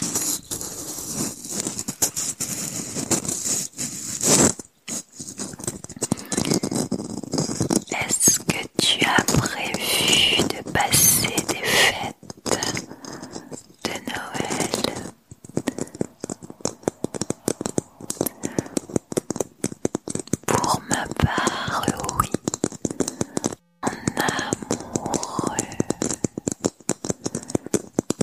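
Fingers tap and scratch on Christmas decorations. The contact is dense and irregular, with quick clicks, rasping scrapes and light rattles, changing in intensity and briefly pausing near five, fifteen and twenty-four seconds.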